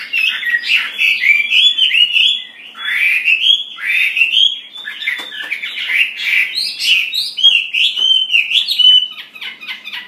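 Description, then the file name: Chinese hwamei song, a steady stream of bright slurred whistles that swoop up and down in varied phrases, hardly pausing for ten seconds. "audio gathering hwamei. omkicau"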